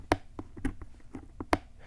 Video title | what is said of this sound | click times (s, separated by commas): Ruroc Atlas 4.0 CARBON (carbon fiber) W/ Shockwave audio LONG TERM REVIEW - Is it TRASH??? | you hear that little click that click is in the down position which is open which it's | 0.1 s, 1.5 s